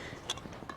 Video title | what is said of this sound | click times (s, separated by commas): Firemaple Fixed-Star X2 Stove Review & Time Test | and then it locks in place the only thing i say with that is it it almost is too | 0.3 s